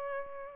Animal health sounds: mosquito wingbeat signal from an infrared sensor; Aedes albopictus

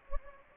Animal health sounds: mosquito wingbeat signal from an infrared sensor; Anopheles gambiae

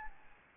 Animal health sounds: mosquito wingbeat signal from an infrared sensor; Aedes albopictus

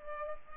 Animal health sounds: mosquito wingbeat signal from an infrared sensor; Culex pipiens

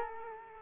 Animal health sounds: mosquito wingbeat signal from an infrared sensor; Culex quinquefasciatus

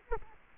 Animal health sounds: mosquito wingbeat signal from an infrared sensor; Culex quinquefasciatus

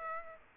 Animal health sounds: mosquito wingbeat signal from an infrared sensor; Aedes aegypti

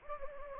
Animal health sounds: mosquito wingbeat signal from an infrared sensor; Anopheles gambiae

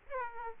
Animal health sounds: mosquito wingbeat signal from an infrared sensor; Aedes aegypti

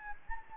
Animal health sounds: mosquito wingbeat signal from an infrared sensor; Anopheles gambiae

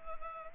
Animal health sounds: mosquito wingbeat signal from an infrared sensor; Culex pipiens

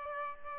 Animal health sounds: mosquito wingbeat signal from an infrared sensor; Aedes aegypti

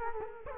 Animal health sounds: mosquito wingbeat signal from an infrared sensor; Culex quinquefasciatus

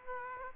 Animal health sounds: mosquito wingbeat signal from an infrared sensor; Aedes aegypti

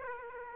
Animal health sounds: mosquito wingbeat signal from an infrared sensor; Aedes aegypti

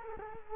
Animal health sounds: mosquito wingbeat signal from an infrared sensor; Culex quinquefasciatus

